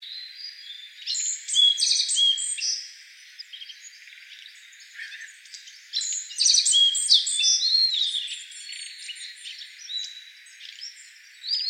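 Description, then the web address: Asian brown flycatcher song: high, jumbled chirps, short trills and thin whistles in two main bursts, with quieter twittering between them. Recorded on 25 May 2013. "birdenaga kosamebitaki S 130525"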